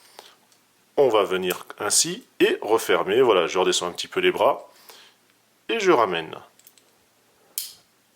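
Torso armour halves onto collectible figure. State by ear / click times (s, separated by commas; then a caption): seated / 7.6 s. Someone talks while bringing the plastic torso armour halves back together around a collectible figure, lowering the arms a little as they go. After a pause, a sharp, loud click at 7.6 seconds marks the torso armour clipping shut and seated.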